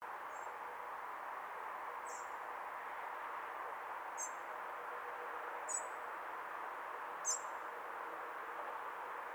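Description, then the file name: Common blackbird giving thin, very high, short calls, about five over nine seconds at uneven intervals, above a steady broad hiss of background noise. "Turdus merula"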